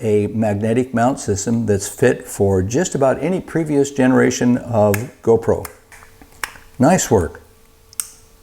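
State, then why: Seated. Someone talks, then a Neewer GP 21 magnetic action-camera mount, made for previous-generation GoPro cameras, is handled with a few short knocks and pushed onto its mount base. It snaps into place with a sharp click at 8.0 s, and the mount is seated.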